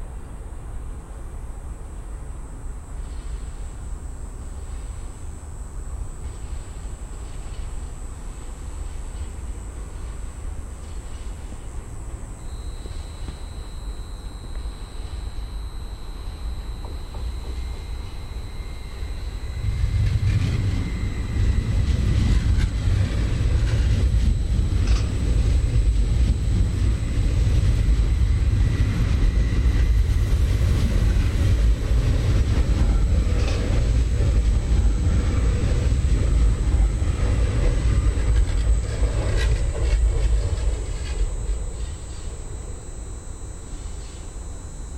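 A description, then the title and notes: A train rumbles in a low steady hum, swelling loud from about twenty seconds, with a thin high whine and crackly static above. Field recording of Helsinki trains overlaid by electrostatic sounds.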